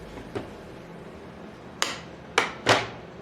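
The snap latches on the plastic storage case of an EPAuto 40-piece 1/4-inch and 3/8-inch drive socket set with a 72-tooth reversible ratchet are flipped open, giving two sharp clicks at 1.8 and 2.4 seconds. A broader clack follows at about 2.7 seconds as the lid is lifted, and the case is released open.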